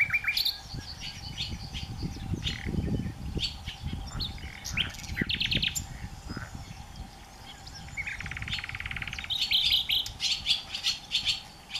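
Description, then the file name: Common nightingale song in varied, rapid phrases: sharp chirps, short trills and a buzzy rattling series near the end, over a steady low hum and some rumbling noise. "Nachtigall mit Gesang - Nightingale singing"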